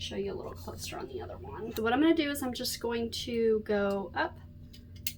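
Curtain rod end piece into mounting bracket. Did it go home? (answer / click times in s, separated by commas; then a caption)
yes / 5.1 s. Someone talks while pushing a small plastic or metal curtain rod end piece up and into its mounting bracket, part of setting up curtain rods as ribbon storage in a craft room. A sharp snap at 5.1 s marks the end piece seating snugly in the bracket.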